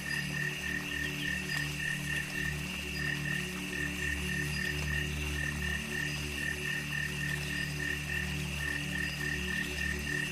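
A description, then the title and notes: A dense jungle chorus of frogs pulses steadily, with a bright, rapid croaking trill repeating evenly high above. Low droning tones hum continuously underneath, and a soft hiss like light rain or trickling water fills the middle, the whole scene holding constant throughout. Relaxing Spa in the Jungle. A tropical escape filled with rain, trickling water, a jungle chorus, and droning tones.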